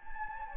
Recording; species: mosquito wingbeat signal from an infrared sensor; Anopheles gambiae